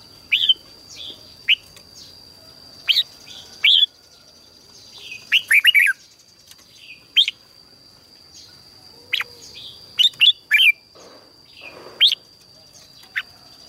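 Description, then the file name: Red-whiskered bulbul song: single sharp chirps and short liquid two- to four-note phrases spread throughout, with a constant high tone in the background. "Tieng chao mao hot"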